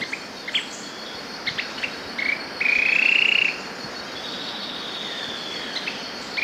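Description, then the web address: Yellow tyrannulet delivering a brief trill, then a longer rapid, rattling trill that climbs a little in pitch, with a few scattered chips and continuous insect buzzing behind. Ecuador. "Natures Songs S America Birds of Ecuador Yellow Tyrannulet"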